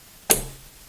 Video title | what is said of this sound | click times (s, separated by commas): Personal Project Build Process and Testing | and then you press it down and you should hear a click | 0.3 s